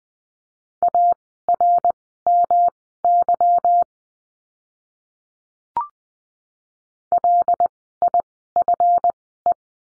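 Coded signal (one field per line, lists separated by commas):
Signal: Morse code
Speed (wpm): 20 wpm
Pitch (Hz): 700 Hz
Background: none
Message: ARMY LIFE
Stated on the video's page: Morse course lesson, words with letter Y, Farnsworth speed 20/10 wpm.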